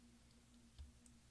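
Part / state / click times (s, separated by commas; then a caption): laptop keycap onto scissor bracket / not seated / none. A replacement plastic number four keycap for a 13" MacBook Pro Unibody Core 2 Duo 2.26 GHz is being pressed down with a finger onto its plastic scissor bracket, whose four clips need to take hold. Over a steady low hum, there are soft handling sounds: a dull low thump around 0.8 s and a faint, brief high tick around 1.1 s. Nothing has seated or clicked into place yet.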